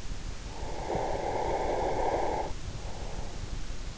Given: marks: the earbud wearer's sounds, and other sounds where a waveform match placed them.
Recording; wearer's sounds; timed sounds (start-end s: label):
sounds in sleep by an in-ear microphone; breath
0.48-3.67 s: breath